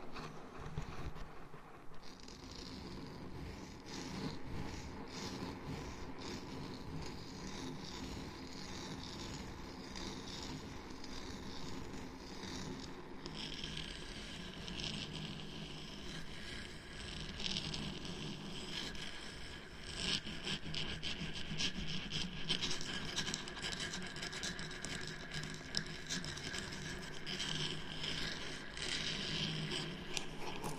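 Intense, aggressive scratching on a 3Dio microphone, with an echo effect, runs without pause for the whole half minute. The rasping strokes are dense and fast, with rubbing and filing textures. They grow brighter and harsher after about thirteen seconds and again near twenty.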